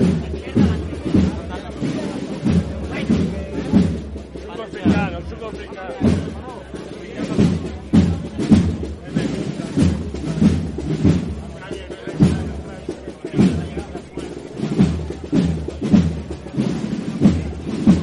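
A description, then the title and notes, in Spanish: A religious procession passes through a neighborhood, with crowd chatter over steady, regular low thuds about once a second, like shuffling bearers' steps. Sonidos del trasncurrir del paso de María Santísima de Salud y Esperanza por el barrio de San Benito en su regreso tras haber participado del Vía Lucis Mariano.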